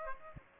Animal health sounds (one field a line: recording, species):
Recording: mosquito wingbeat signal from an infrared sensor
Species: Aedes aegypti